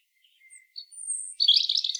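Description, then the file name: European robin singing thin high notes that lead into a dense, fast, very high-pitched twittering burst at the end. "Erithacus rubecula"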